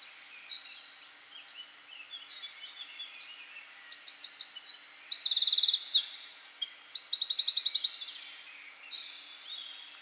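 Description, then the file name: Eurasian wren song starting softly, then swelling into a loud, rapid sequence of high twittering notes and machine-gun trills lasting about four seconds. "Troglodytes troglodytes"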